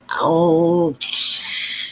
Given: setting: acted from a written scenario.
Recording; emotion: vocal sound without words; pain